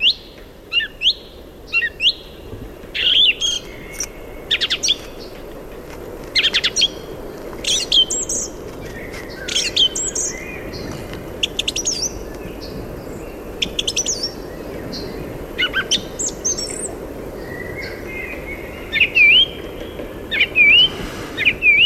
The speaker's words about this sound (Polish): No dobrze, w takim razie może przejdziemy do kolejnego ptasiego głosu. Teraz posłuchamy dobrze znanego wszystkim nam drozda śpiewaka.